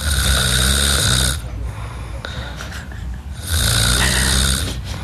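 An adult woman snoring while asleep, a fairly light snore coming less from the back of the throat.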